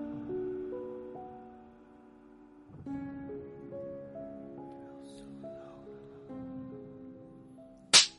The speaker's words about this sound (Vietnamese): Một cái tát thật mạnh của Long với người vợ đang mang bầu của mình trong một căn nhà nhỏ ở vùng ven biển.